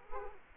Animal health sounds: mosquito wingbeat signal from an infrared sensor; Culex quinquefasciatus

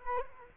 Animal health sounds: mosquito wingbeat signal from an infrared sensor; Culex quinquefasciatus

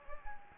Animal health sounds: mosquito wingbeat signal from an infrared sensor; Anopheles gambiae

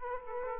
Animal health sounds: mosquito wingbeat signal from an infrared sensor; Aedes aegypti

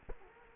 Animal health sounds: mosquito wingbeat signal from an infrared sensor; Culex quinquefasciatus

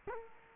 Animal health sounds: mosquito wingbeat signal from an infrared sensor; Culex quinquefasciatus

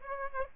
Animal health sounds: mosquito wingbeat signal from an infrared sensor; Aedes aegypti

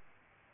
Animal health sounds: mosquito wingbeat signal from an infrared sensor; Aedes albopictus

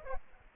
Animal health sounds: mosquito wingbeat signal from an infrared sensor; Aedes aegypti

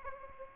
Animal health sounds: mosquito wingbeat signal from an infrared sensor; Aedes aegypti

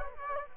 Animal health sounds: mosquito wingbeat signal from an infrared sensor; Culex quinquefasciatus

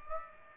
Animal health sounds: mosquito wingbeat signal from an infrared sensor; Aedes aegypti

